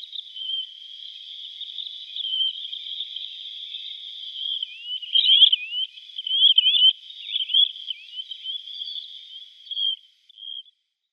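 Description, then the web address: Least Sandpiper flock calls, a steady band of high, thin chirps and trills, growing busier and louder midway with overlapping squeaky notes, then fading out. A flock calling together. "Schulze Peter Least Sandpiper"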